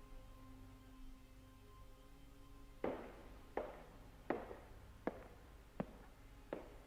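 A man's six shuffling footsteps outside, evenly paced and moderately loud, each a soft scuffing thud, beginning after a few seconds of near silence with a faint low hum.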